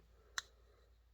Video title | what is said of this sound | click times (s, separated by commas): Special Gifts from Stuart: The Buck Matrixx 190 and a Sharpening Stone #buck | You can hear it pop there. | 0.4 s